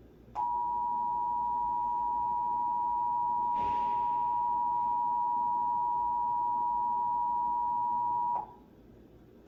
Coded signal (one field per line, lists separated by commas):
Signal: Emergency Alert System (SAME) tones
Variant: 853 and 960 Hz attention tone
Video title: (FUNNIEST FAIL IN MY OPINION) EAS #494: Required Monthly Test - Indiana (7/16/2026) (WXIN)